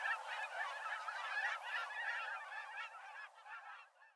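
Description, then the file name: Cackling goose flock giving rapid, overlapping high yelps and honks, loud at first and then thinning and fading toward the end. Recorded at Tome on 1 February 2019. "sijukaragan tome koyama"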